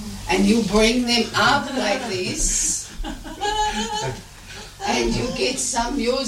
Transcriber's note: lots of laughter It appears has stood and wrapped the arms around the people